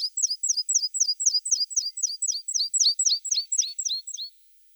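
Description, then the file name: Meadow pipit, a fast series of high, sharp two-part notes repeated about four times a second, each dipping then rising, stopping abruptly after about four seconds. "Konek lugovoj"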